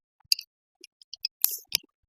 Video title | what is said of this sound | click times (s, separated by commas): Tugas 1 Mata Kuliah Jaringan Komputer - Universitas Terbuka - Membuat Jaringan Kabel UTP Straight | Nah, sampai bunyi klik | 0.3 s